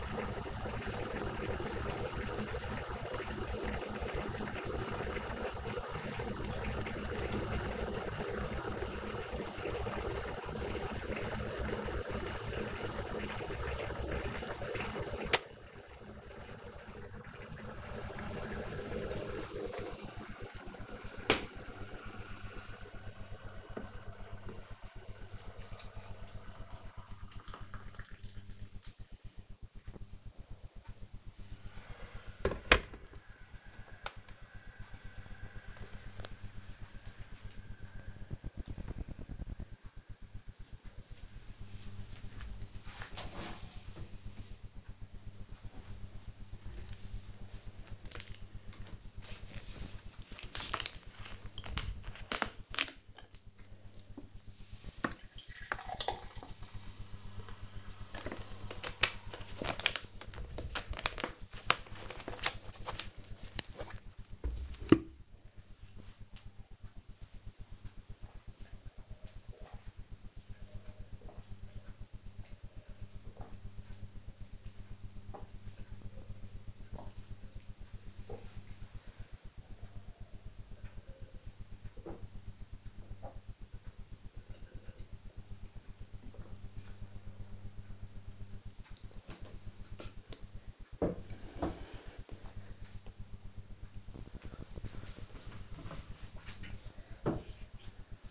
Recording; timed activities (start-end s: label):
household activities, microphone on the right wrist
0.00-32.83 s: making tea
47.92-89.08 s: drinking